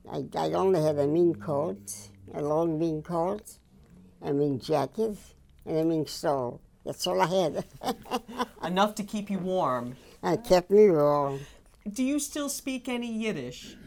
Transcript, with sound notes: I only have a mink coat, a long mink coat, a mink jacket and a mink stole. That's all I had. ( she laughs )
Enough to keep you warm.
It kept me warm.
Do you still speak any Yiddish?